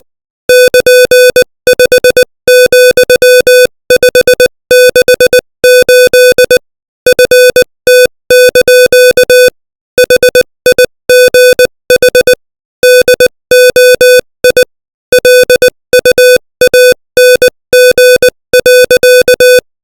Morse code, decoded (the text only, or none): <KN>5,568 FT) HIGH DOI LUANG.